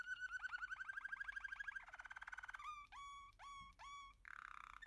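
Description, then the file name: American canary song: a fast rolling trill of repeated notes, then a choppier trill, then several sharp notes that drop in pitch, and a closing burst of chatter. "canto do canario americano"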